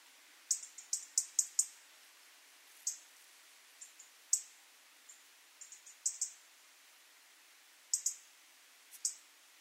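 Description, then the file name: European robin starting with a quick run of sharp ticks, then continuing with scattered single and paired clicks. "Erithacus rubecula"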